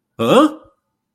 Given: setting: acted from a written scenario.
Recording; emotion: vocal sound without words; negative surprise